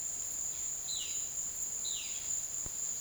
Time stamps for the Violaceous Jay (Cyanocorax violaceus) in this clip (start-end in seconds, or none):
0.74-2.15